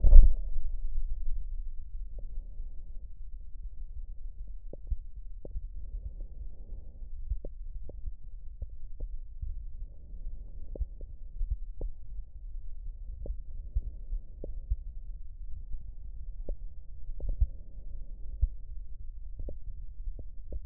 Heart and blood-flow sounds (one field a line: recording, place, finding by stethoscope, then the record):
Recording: heart sounds by stethoscope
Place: aortic valve (AV)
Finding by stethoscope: normal heart sounds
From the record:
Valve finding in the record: normal valve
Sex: male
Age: 55 years